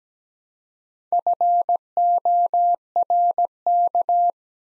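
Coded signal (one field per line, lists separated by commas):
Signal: Morse code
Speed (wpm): 17 wpm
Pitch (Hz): 700 Hz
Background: none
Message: FORK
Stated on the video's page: Morse practice set at 17 wpm, letters sent one at a time building four-letter words, for beginners working on instant character recognition.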